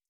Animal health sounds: hydrophone in a shrimp aquaculture tank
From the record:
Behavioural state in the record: stressed

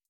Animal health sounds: hydrophone in a shrimp aquaculture tank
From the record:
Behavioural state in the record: starved

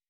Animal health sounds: hydrophone in a shrimp aquaculture tank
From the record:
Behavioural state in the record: weakened

